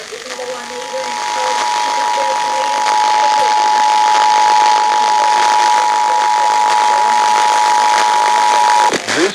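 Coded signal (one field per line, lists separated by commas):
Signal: Emergency Alert System (SAME) tones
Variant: 853 and 960 Hz attention tone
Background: speech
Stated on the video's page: Monthly EAS tests.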